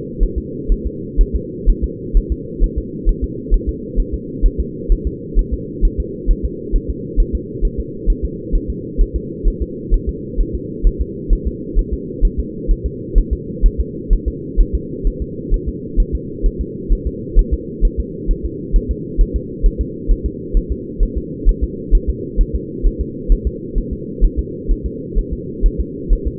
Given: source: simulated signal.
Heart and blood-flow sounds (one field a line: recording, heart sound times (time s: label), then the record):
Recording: fetal heart sounds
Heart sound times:
0.23 s: S1
0.38 s: S2
0.72 s: S1
0.87 s: S2
1.21 s: S1
1.36 s: S2
1.70 s: S1
1.84 s: S2
2.17 s: S1
2.32 s: S2
2.64 s: S1
2.78 s: S2
3.09 s: S1
3.24 s: S2
3.54 s: S1
3.69 s: S2
4.00 s: S1
4.14 s: S2
4.46 s: S1
4.60 s: S2
4.92 s: S1
5.07 s: S2
5.39 s: S1
5.54 s: S2
5.85 s: S1
6.00 s: S2
6.31 s: S1
6.45 s: S2
6.76 s: S1
6.90 s: S2
7.20 s: S1
7.35 s: S2
7.65 s: S1
7.80 s: S2
8.10 s: S1
8.25 s: S2
8.55 s: S1
8.70 s: S2
9.01 s: S1
9.16 s: S2
9.48 s: S1
9.62 s: S2
9.94 s: S1
10.09 s: S2
10.41 s: S1
10.55 s: S2
10.87 s: S1
11.01 s: S2
11.33 s: S1
11.48 s: S2
11.79 s: S1
11.93 s: S2
12.25 s: S1
12.39 s: S2
12.71 s: S1
12.86 s: S2
13.18 s: S1
13.33 s: S2
13.66 s: S1
13.80 s: S2
14.13 s: S1
14.28 s: S2
14.61 s: S1
14.75 s: S2
15.07 s: S1
15.22 s: S2
15.54 s: S1
15.68 s: S2
16.00 s: S1
16.15 s: S2
16.46 s: S1
16.61 s: S2
16.93 s: S1
17.07 s: S2
17.39 s: S1
17.54 s: S2
17.85 s: S1
18.00 s: S2
18.31 s: S1
18.45 s: S2
18.76 s: S1
18.91 s: S2
19.21 s: S1
19.36 s: S2
19.66 s: S1
19.81 s: S2
20.11 s: S1
20.26 s: S2
20.57 s: S1
20.72 s: S2
21.03 s: S1
21.18 s: S2
21.49 s: S1
21.64 s: S2
21.95 s: S1
22.10 s: S2
22.41 s: S1
22.55 s: S2
22.86 s: S1
23.01 s: S2
23.32 s: S1
23.47 s: S2
23.78 s: S1
23.93 s: S2
24.25 s: S1
24.39 s: S2
24.71 s: S1
24.86 s: S2
25.19 s: S1
25.33 s: S2
25.66 s: S1
25.81 s: S2
26.13 s: S1
26.28 s: S2
From the record:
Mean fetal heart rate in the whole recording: 130 bpm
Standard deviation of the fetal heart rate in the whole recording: 4 bpm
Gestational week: 38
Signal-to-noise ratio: -4.1 dB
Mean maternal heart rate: no maternal heart sound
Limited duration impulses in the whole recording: absent